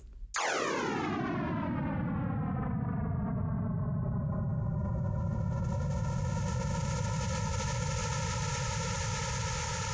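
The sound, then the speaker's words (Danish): A reconstructed Big Bang sound, made by American researcher Mac Whittle, with the universe's first million years compressed into ten seconds and raised 50 octaves: after a sudden start, a loud, steady roaring hiss carries several droning tones that glide slowly downward in pitch for the whole ten seconds, with no voices. “vi spiller nu lyden af Big Bang, universets skabelse”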